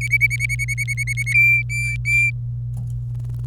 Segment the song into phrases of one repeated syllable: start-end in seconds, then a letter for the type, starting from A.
0.01-1.33 A, 1.34-2.31 B